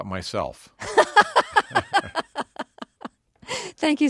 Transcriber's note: soundbite of laughter